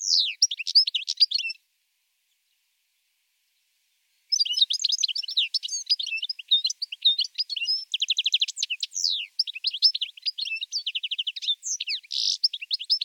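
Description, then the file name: European goldfinch singing a long, lively medley of liquid twitters, buzzy trills and sharp chirps after a brief opening phrase and a silent pause. "chardonneret"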